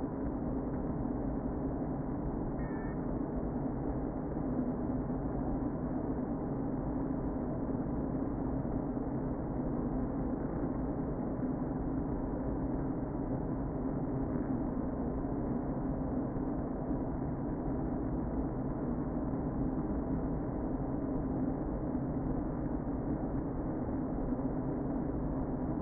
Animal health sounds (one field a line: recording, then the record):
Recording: honeybee colony, microphone inside the hive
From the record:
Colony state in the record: queen present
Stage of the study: before two queens were removed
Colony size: about 60,000 bees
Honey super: yes